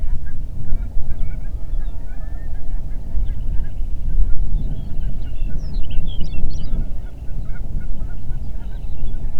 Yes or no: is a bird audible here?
yes